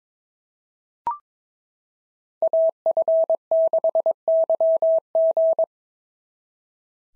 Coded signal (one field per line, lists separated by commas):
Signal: Morse code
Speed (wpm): 22 wpm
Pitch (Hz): 650 Hz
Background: none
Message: AF6YG